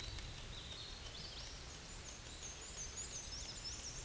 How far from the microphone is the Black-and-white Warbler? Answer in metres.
about 50 m